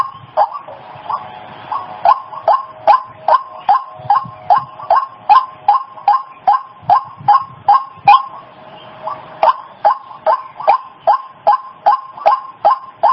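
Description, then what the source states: White-breasted waterhen call series of clipped, nasal croaks repeated at a steady pace, with a brief pause near the eighth second before the rhythm resumes. Female bird; a lure call used for attracting waterhens.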